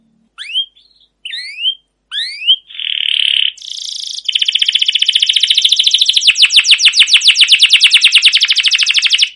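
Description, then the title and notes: Canary song starting with a few separate upslurred whistles, then buzzy notes and a long rolling trill. Domestic canary singing a long continuous rolling song (ngerol, gacor panjang), used as a lure to train other canaries. "CUIT CUIT NGEROL LANGSUNG GACOR PANJANG Kenari Ini AMPUH Utk Pancingan KENARI PAUD BELAJAR BUNYI. burung kenari"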